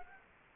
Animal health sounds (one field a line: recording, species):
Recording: mosquito wingbeat signal from an infrared sensor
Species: Culex quinquefasciatus